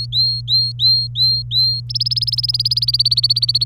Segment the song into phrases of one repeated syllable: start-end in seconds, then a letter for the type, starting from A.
0.00-1.80 A, 1.90-3.65 B